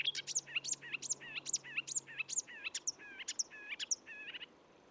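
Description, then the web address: Marsh warbler singing a brisk repeated phrase of high whistles and twanging notes, with a faint low hum beneath for the first half. "Sumpfrohrsänger Gesang"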